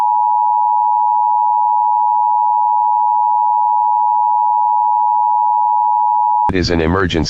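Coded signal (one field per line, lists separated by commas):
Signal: Emergency Alert System (SAME) tones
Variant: 853 and 960 Hz attention tone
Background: speech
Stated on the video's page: Compilation of real civil (non-weather) EAS alerts.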